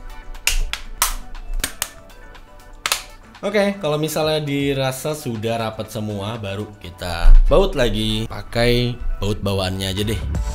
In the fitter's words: tinggal kita kencang-kencangin aja di tiap Sisinya Sampai bunyi klik Oke